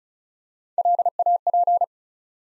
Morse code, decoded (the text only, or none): LAP